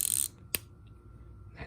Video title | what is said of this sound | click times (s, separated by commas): Mini KC Tool Haul Shed Update and Mail Call | little click at the end hold it right in so | 0.5 s